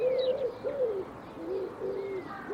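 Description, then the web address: Bird cooing: a soft hollow note that swells and fades, repeated several times in a low voice, with faint high chirps from other birds behind. "cianscape birddata 2025 Bird Co Pa Co Pa"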